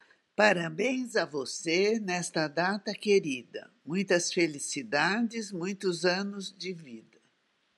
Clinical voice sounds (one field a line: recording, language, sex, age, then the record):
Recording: short text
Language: Brazilian Portuguese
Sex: female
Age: 70 to 79 years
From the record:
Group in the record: control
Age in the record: 78 years